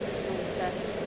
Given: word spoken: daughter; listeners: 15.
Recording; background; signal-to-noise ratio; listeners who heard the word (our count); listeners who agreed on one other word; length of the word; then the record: one English word in noise, from a listening test; speech-shaped noise; -4.2 dB; 4 of 15; 6 of 15; 0.66 s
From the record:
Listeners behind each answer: 6, 4, 2, 1, 1, 1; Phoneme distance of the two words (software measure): 10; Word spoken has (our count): 2 syllables, 4 phonemes, stress on syllable 1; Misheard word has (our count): 2 syllables, 4 phonemes, stress on syllable 1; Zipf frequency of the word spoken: 4.97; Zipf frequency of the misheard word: 5.53